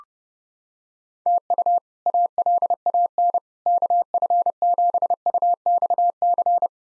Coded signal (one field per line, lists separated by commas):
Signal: Morse code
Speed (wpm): 30 wpm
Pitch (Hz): 700 Hz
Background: none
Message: TU ALAN KF7UXC